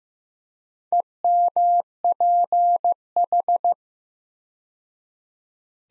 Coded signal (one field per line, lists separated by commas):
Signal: Morse code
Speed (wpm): 15 wpm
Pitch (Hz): 700 Hz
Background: none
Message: EMPH